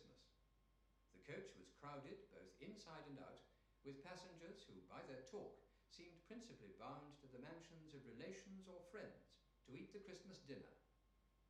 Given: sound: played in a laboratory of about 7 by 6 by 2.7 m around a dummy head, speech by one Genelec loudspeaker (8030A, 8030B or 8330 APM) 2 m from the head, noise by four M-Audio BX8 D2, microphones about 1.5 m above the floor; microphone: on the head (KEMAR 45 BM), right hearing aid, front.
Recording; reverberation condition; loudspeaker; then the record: male speech in English; medium; in front (0 degrees)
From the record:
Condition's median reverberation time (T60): about 510 ms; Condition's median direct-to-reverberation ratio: about -0.5 dB